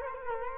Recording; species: mosquito wingbeat signal from an infrared sensor; Culex quinquefasciatus